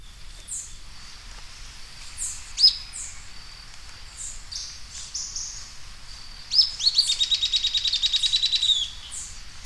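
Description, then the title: Grey elaenia calls, thin high whistled notes scattered throughout, then a fast chattering series of sharp notes near the end. "LuckyPassaro Completos2Sama. Grey Elaenia (Myiopagis caniceps)"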